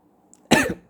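One short, sharp cough from an adult man in a quiet room, a single isolated cough burst from a cough that has not yet healed.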